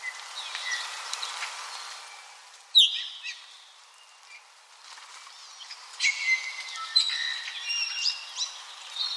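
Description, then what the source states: Apapane song of varied whistles and a sharp downslurred note, with a quieter gap midway before a busier burst of high notes. Recorded on Maui, Hawaii, in August 2026.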